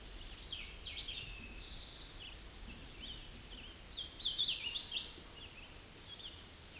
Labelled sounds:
Hooded Warbler song

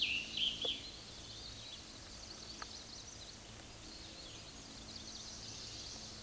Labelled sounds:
Scarlet Tanager song

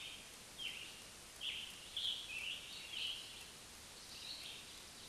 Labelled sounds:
Scarlet Tanager song

